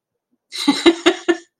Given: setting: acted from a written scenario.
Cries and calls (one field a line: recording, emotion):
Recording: vocal sound without words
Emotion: amusement